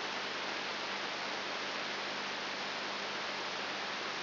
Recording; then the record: brain microelectrode recording played as sound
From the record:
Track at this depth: inside the subthalamic nucleus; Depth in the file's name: 3.701 mm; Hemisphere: left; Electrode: 3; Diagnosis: Parkinson's disease